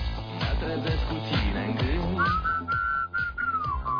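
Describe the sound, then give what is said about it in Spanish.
A clear, high whistled melody glides over a rhythmic musical backing with steady beats, entering partway through and holding long, wavering notes to the end. “No hay excursión del inserso en la que no se silbe ya nuestra canción favorita”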